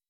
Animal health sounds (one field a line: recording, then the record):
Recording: hydrophone in a shrimp aquaculture tank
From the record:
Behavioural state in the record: weakened